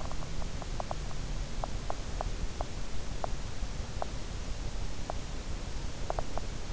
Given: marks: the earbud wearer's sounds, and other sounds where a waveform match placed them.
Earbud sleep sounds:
sounds in sleep by an in-ear microphone; teeth grinding
0.00-6.73 s: sound from someone else or the room
0.45-6.73 s: teeth grinding

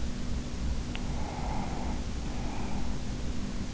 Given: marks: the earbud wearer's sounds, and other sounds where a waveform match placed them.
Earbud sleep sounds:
sounds in sleep by an in-ear microphone; breath
0.67-3.10 s: breath

